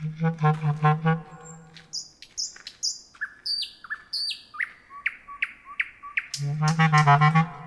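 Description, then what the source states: Common nightingale: songbird phrase of pure whistles at shifting pitches and short falling notes, set between stretches of a low, steady droning hum at start and end. Heard in cities.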